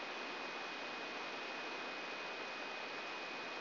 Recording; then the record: brain microelectrode recording played as sound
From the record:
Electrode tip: inside the subthalamic nucleus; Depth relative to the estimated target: 0 mm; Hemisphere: right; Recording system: AlphaMap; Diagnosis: Parkinson's disease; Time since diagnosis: 7 years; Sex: female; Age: 56 years